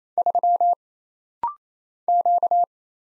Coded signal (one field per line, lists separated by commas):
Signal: Morse code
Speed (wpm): 27 wpm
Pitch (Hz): 700 Hz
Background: none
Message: 3 Q